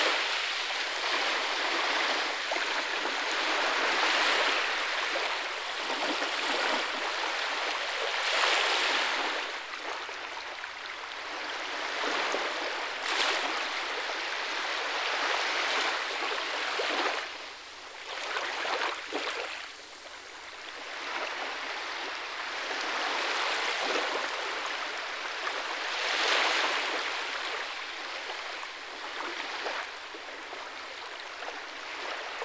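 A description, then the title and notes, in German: Rushing water roars steadily and densely, a bright hiss with almost no deep rumble underneath. The surge swells and eases in loose waves, with louder pushes around 4, 9, 13 and 26 seconds and a brief lull near 19 seconds. Wir reisen auf eine Insel im Indischen Ozean und hören dem Rauschen des türkiesblauen Wassers zu, das sanft auf den weißen Sandstrand trifft.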